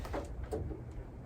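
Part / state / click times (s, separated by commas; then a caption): magnetic mount onto metal plate on tractor hood / not seated / none. The first magnetic mount of a sprayer unit is handled near a metal plate already fixed to the hood of a John Deere tractor, with soft brief bumps and rustles over a steady low rumble. Nothing has seated or snapped onto the plate yet.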